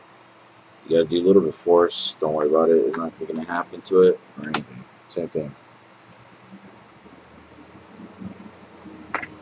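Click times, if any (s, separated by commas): 9.2 s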